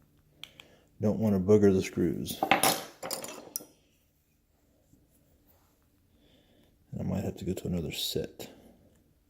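Someone talks while handling an interchangeable screwdriver bit and driver handle, swapping bits to find one that fits the Victor Exhibition reproducer screws without damaging them. A few light, sharp ticks are heard between the stretches of talk. The bit is handled but not yet home, and nothing has seated or clicked yet.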